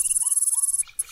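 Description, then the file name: Grasshopper song, a very high buzz pulsing rapidly that stops shortly before the end, with faint lower sliding whistles behind it. "kuznechik"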